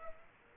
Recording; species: mosquito wingbeat signal from an infrared sensor; Aedes aegypti